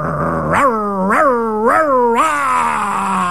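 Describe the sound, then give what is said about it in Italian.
A person growls like a dog, a loud, rough, continuous voiced snarl with three rising surges before trailing off into a lower, steadier rumble. “Allora lei ti infila un bel dito nel culo, tu le stritoli i capezzoli, lei ti arrotola le palle e tu inizi a ringhiare.”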